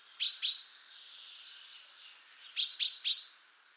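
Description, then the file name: Common chaffinch calls: two sharp, high clipped notes, a pause of about two seconds, then three more in quick succession. "Fringilla coelebs"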